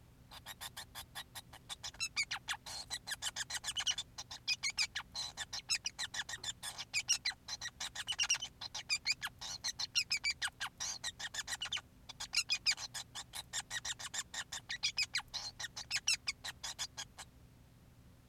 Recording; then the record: song of a male Bengalese finch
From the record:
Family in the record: son of father 5